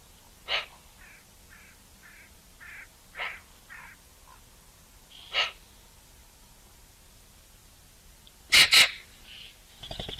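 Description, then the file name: Eurasian magpie with harsh, grating calls mixed with softer short nasal notes, several seconds apart, closing with a loud double rasp and a brief crackly burst. "Pica pica"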